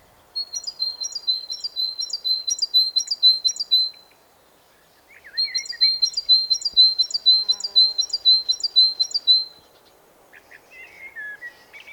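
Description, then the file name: Great tit delivering two bursts of rapid, high repeated notes separated by a short pause, followed by softer chirps near the end. "Parus major"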